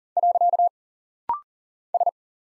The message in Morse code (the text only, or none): . S